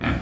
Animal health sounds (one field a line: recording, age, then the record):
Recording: pig call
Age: growing-finishing pig (85 days or more)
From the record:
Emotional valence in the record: negative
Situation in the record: barren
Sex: female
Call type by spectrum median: low-frequency call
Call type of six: low-frequency modulated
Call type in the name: low-frequency modulated, not sure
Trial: 1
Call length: 0.22 s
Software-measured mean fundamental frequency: 52 Hz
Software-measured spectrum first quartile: 174 Hz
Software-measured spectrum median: 512 Hz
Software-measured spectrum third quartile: 1603 Hz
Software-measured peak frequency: 95 Hz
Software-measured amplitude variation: 140 dB a second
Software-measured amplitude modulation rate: 20.8 a second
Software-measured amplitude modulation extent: 6.7 dB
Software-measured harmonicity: 0.5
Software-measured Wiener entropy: -1.46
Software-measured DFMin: 509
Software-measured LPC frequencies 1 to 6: 1331, 1697, 2358, 3245, 4428, 5175 Hz